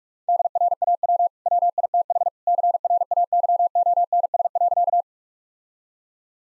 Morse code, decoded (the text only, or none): DRAW WITH CRAYONS.